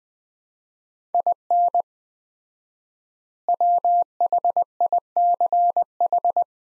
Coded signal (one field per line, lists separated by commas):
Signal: Morse code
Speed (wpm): 20 wpm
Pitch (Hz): 700 Hz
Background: none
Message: IN WHICH